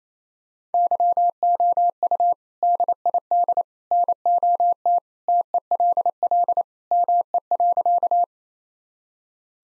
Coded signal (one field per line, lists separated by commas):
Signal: Morse code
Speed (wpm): 27 wpm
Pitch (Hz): 700 Hz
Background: none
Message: YOU DID NOT TELL ME.